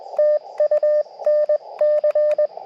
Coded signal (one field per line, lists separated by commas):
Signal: Morse code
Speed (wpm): 20 wpm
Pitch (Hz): 590 Hz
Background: radio noise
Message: TU NC